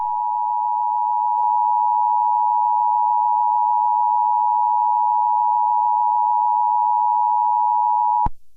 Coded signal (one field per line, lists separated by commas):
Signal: Emergency Alert System (SAME) tones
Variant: 853 and 960 Hz attention tone